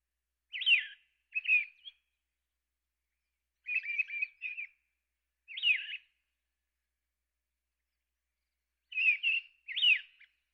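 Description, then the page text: Mistle thrush singing brief whistled phrases with sweeping notes, separated by irregular silent gaps of up to three seconds; background otherwise quiet. "Mistle Thrush. Quick Sounds"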